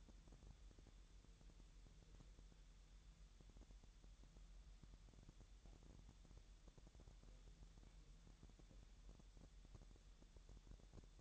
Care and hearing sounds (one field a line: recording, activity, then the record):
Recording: daily activity, microphone in the room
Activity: wipe stove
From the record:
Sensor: 3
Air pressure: 1000.8 hPa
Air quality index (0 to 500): 248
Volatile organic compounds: 174 ppm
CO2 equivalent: 4121 ppm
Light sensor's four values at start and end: 11/27/11/11 and 11/27/11/11